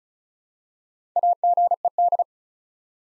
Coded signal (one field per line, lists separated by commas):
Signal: Morse code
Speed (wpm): 36 wpm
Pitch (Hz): 700 Hz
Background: none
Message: AGED